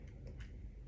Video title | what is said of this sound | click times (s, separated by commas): Osmo mb 6 Mavic Air | the SD card, guys, you need to push it in, and you hear that click, | 0.4 s